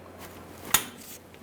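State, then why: Seated. On a 2015-2020 Ford F-150, during a right rear brake hose replacement, a brake line retaining clip is lined up on the center chassis mounting point above the differential and pulled rearward until it locks. A single sharp click at 0.7 s confirms the clip is seated, followed by a much fainter tick at 1.4 s over a quiet low hum. The clip is then tugged to check that it is secure.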